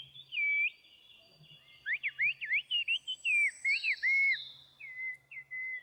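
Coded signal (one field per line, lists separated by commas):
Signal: whistled language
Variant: Turkish Kuş dili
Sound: loud, clear whistles in quick rising and falling phrases, like melodic speech syllables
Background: faint low hum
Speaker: if you think you just heard some bird singing you are wrong this is Kush also known as the Turkish bird language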